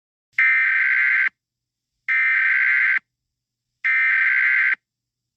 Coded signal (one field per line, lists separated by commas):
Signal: Emergency Alert System (SAME) tones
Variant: header bursts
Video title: EAS SCENARIO 30: Mega Baby Bowser